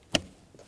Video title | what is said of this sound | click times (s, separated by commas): How to Replace Cabin Air Filter 2015-2019 Hyundai Sonata | we'll rotate it in and push to click | 0.2 s